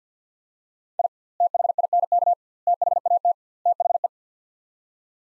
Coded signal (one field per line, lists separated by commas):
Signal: Morse code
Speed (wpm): 50 wpm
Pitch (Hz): 700 Hz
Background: none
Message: I THINK THAT THE